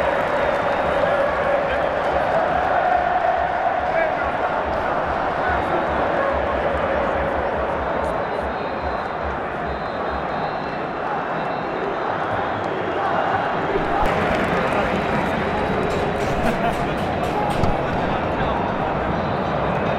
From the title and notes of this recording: Live Football Stadium | Ambience. Sound Recorded at Wembley.